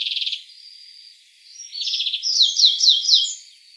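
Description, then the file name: European greenfinch opens with a short trill, gives a thin whistled line, then a buzzy trill and loud downslurred chirps in quick series. "Chloris chloris"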